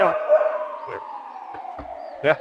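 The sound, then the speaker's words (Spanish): A dog lets out a few short, sharp barks at a passing ambulance, spaced over a couple of seconds, while the ambulance's steady siren tone slowly slides downward in pitch underneath. “Ay, la ambulancia está aquí, cada vez que pasa la Joder, bicho. ambulancia, ladrar.”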